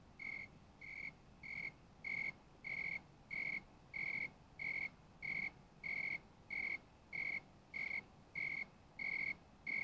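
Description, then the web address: Insect calling with short, tonal chirps repeated steadily about every 0.6 seconds, sixteen in all, each even and clear over a low background hum. "Insect Set 459"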